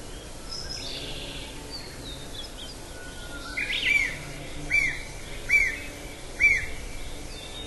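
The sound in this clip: Nuthatch calling: four clear, ringing notes spaced under a second apart after a quiet start, over steady background hiss.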